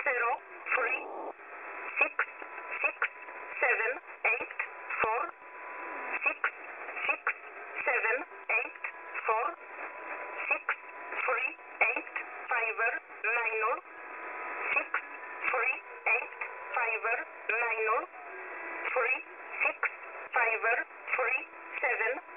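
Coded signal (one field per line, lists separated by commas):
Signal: numbers station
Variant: E11, English-language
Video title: Numbers Station, Polish, ENIGMA ID E11, 5779 kHz, USB mode, 03 December, 2020, 0315 UTC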